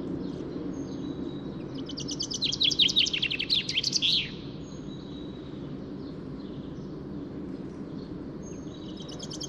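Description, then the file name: Common chaffinch song: one bright phrase of fast, slightly descending notes ending in a flourish, with faint thin whistles before and after, over a steady low hum. "Fringilla coelebs"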